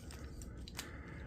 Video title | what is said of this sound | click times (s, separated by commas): Transformers Synergenex Optimus Prime Type MFS-3 Kiryu Mechagodzilla - Kai-July 2025 Day 8 | you can then just bring the whole thing in, snap into place, and it'll close up there. | 0.8 s